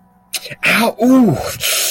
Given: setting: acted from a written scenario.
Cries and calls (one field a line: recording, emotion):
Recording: vocal sound without words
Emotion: pain